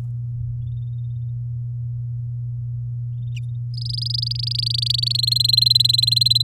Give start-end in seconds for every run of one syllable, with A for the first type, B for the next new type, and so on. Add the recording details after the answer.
3.74-5.17 A, 5.18-6.42 B. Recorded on 10 May 2018 at 07:43. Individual llb16